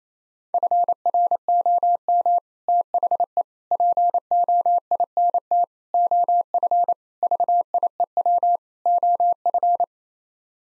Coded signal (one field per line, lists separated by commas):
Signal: Morse code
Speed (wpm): 28 wpm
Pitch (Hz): 700 Hz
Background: none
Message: FROM THE POINT OF VIEW OF